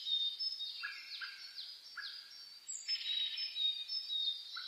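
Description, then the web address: Birds chirping and twittering at dawn, with a few lower downslurred notes repeated between higher overlapping phrases. Dawn chorus (reimei) of birdsong (saezuri), recorded on 10 May 2010 at 04:01 with a DH-D50 recorder. "sounds data 2010 reimei DH-D 50-saezuri-20100510-0401"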